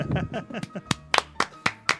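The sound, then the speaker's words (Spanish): A voice speaks briefly, then slow applause follows: about five sharp, evenly spaced claps ringing out on their own at a steady, deliberate pace. “Este aplauso va para usted.”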